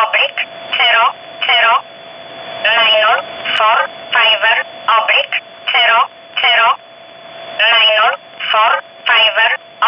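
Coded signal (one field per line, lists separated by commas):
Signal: numbers station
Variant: E11 Oblique, English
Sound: short spoken words at a steady pace, about a dozen in ten seconds, thin radio voice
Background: radio static, faint hum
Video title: 03 06 2019 E11 Oblique Numbers station in English 0640 on 15800 unknown tx site in USB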